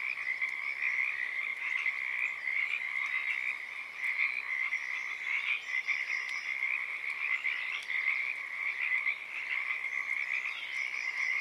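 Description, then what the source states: Loud Pacific tree frog chorus, dense overlapping croaks pulsing continuously. Chorus starting and stopping at Oaks Bottom Wildlife Refuge, Portland, Oregon, USA, on the morning of Friday April 7, 2023; uncommon at that time of day.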